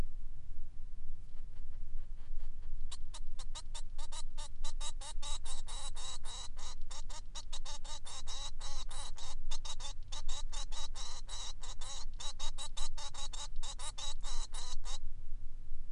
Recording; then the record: song of a male Bengalese finch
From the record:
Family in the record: son of father 3